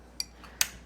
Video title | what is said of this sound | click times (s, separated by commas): Putting a Kenmore 117 Sewing machine Hippie Bus back together | There. Okay. So, that is snapped in place there. | 0.2 s, 0.6 s